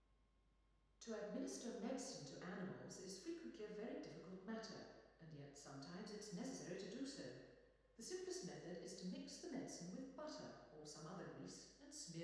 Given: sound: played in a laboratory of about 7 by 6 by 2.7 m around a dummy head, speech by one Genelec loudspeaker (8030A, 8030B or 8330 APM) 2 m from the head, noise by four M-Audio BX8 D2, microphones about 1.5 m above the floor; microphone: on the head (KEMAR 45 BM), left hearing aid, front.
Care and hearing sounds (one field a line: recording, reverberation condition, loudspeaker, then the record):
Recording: female speech in English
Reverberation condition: high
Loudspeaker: behind (180 degrees)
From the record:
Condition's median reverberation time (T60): about 1300 ms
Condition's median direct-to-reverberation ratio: about -4.0 dB